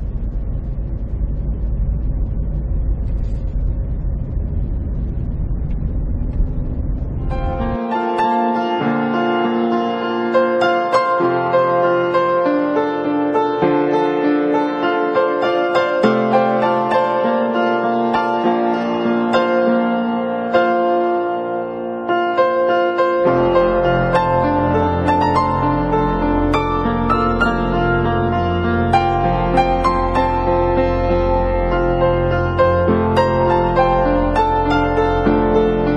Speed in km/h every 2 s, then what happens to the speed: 26, 28, 30, 32, 35, 36, 38, 38, 32, 33, 34, 35, 41, 39, 36, 38, 38, 38.
0-11 speeds up to 38. 11-22 steady at about 34. 22-24 speeds up to 41. 24-36 steady at about 38.